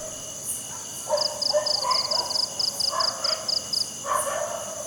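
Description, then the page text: Cricket chirping in a run of evenly spaced high pulses lasting a few seconds, with fainter lower sounds and a steady high hum. Crickets at night in jungle. "Crickets Night Jungle TonwagenSfxLab"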